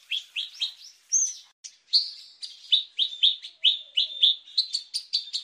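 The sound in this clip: Horsfield's bushlark song: a fast run of bright chirps and short trills, high-pitched and varied, broken by one brief pause, with no other sounds.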